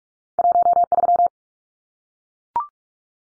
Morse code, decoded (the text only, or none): 13